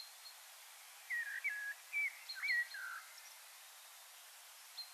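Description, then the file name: Common blackbird song: a brief burst of clear, slurred whistles. "Turdus merula"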